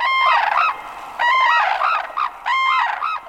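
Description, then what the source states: Red-crowned cranes in a duet, loud trumpeting phrases with strong harmonics repeated about three times, each a long note followed by shorter rising-falling bugles. A pair in a snow-covered field in northern Japan facing each other, heads raised skyward, calling in unison before beginning to dance.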